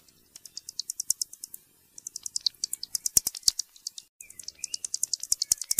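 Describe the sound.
Pipistrelle bat pulses, crisp rapid ticks that stop briefly then resume in a denser run, with a short faint twittering note near the end.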